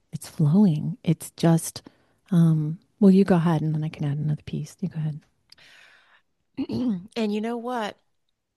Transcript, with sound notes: It's flowing. It's just, um... Well, you go ahead, and then I can add another piece. You go ahead.
(clears throat) And you know what?